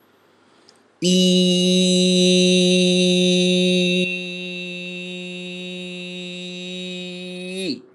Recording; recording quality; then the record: sustained vowel as in beet; excellent, no background noise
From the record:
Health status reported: healthy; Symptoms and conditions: hypertension, diabetes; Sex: male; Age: 46 years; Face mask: not worn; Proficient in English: yes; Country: India